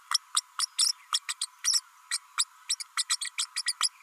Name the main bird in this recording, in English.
Green-rumped Parrotlet